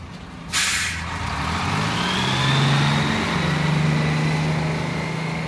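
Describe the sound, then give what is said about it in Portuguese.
Inside a city bus, a sharp burst of air-brake hiss gives way to a steady, loud engine drone, its low hum and faint high whine slowly rising in pitch as it accelerates. “Situação no ônibus.”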